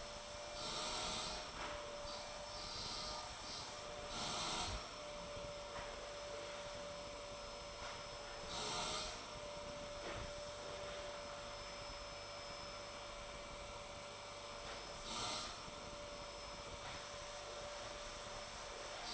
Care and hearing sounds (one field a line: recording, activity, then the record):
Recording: daily activity, microphone in the room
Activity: vacuum cleaning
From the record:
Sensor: 5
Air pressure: 1007.8 hPa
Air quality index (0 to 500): 95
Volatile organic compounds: 1 ppm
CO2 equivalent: 748 ppm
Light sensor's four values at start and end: 34/80/32/32 and 35/82/33/33